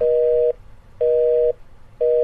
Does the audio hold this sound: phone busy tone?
yes